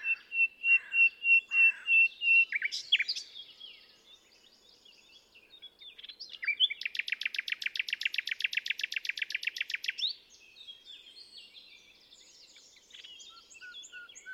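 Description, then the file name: Common nightingale song opening with a run of loud repeated whistled notes, then varied chirps and a long rapid rattling trill, ending in softer phrases. "Luscinia megarhynchos"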